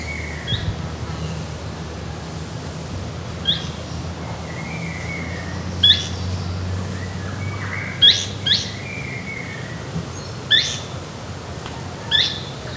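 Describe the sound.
Bird calls: several sharp, high chirps at irregular intervals over steady low background noise.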